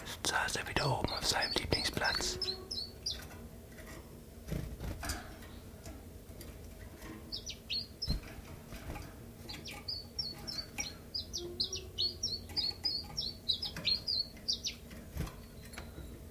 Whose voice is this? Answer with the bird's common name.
Common Chiffchaff